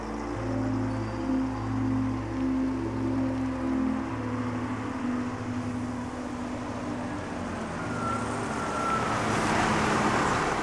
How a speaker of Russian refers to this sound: Грузовик с логотипом Кроноса выезжает со склада.